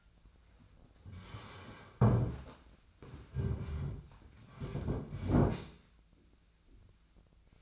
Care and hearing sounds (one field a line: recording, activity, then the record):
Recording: daily activity, microphone in the room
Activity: sit down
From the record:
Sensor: 2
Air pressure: 1008.0 hPa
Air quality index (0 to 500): 181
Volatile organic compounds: 10 ppm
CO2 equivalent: 2232 ppm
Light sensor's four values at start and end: 11/26/11/11 and 11/26/11/11